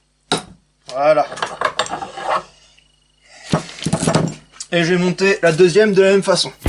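A torque wrench, held at 90 degrees to the tightening tool so it can tighten to torque, tightens an axial tie rod ball joint on the steering rack of a Renault 4L to 40 Nm. The wrench gives a sharp, loud click at 0.3 s, confirming the set torque is reached. Someone then talks, with a few light metallic clinks in between.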